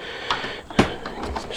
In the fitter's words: snaps into place there